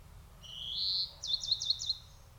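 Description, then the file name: European greenfinch giving a drawn-out wheezy rising note, followed by a quick series of twittering chirps. "Chloris chloris"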